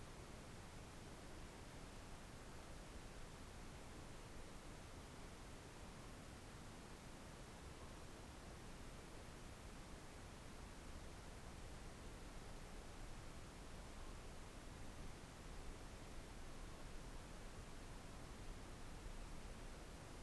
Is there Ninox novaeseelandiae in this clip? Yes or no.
no